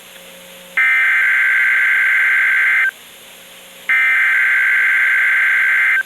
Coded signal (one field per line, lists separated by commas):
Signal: Emergency Alert System (SAME) tones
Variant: header bursts